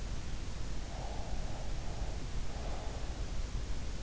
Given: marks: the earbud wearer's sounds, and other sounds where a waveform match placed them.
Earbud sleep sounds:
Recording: sounds in sleep by an in-ear microphone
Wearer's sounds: breath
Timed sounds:
0.91-3.14 s: breath

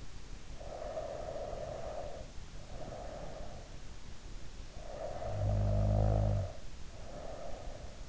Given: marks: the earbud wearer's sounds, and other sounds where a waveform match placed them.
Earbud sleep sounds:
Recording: sounds in sleep by an in-ear microphone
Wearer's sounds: breath, snoring breath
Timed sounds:
0.32-3.79 s: breath
4.62-8.09 s: snoring breath

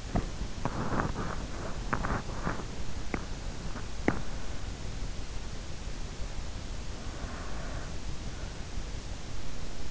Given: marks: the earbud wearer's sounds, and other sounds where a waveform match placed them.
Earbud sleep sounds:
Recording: sounds in sleep by an in-ear microphone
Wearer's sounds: body movement, breath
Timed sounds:
0.00-4.54 s: body movement
7.17-8.72 s: breath

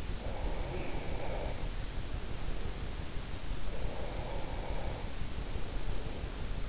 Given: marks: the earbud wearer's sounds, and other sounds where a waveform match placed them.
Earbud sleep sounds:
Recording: sounds in sleep by an in-ear microphone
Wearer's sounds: breath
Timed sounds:
0.22-3.08 s: breath
3.75-6.27 s: breath

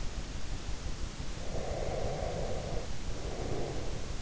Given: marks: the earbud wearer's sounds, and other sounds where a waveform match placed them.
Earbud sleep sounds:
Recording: sounds in sleep by an in-ear microphone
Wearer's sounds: breath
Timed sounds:
1.39-4.14 s: breath

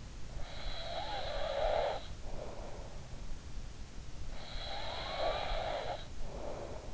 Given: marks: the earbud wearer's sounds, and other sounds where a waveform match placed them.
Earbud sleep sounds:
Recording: sounds in sleep by an in-ear microphone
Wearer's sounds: snoring breath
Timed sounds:
0.47-3.06 s: snoring breath
4.53-6.94 s: snoring breath

